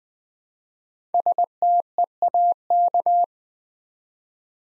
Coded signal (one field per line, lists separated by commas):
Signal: Morse code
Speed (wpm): 20 wpm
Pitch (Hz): 700 Hz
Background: none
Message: STEAK